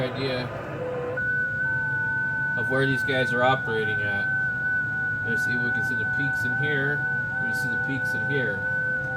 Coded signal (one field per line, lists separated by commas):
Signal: FT8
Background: speech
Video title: A walk through the yaesu ft710 ham radio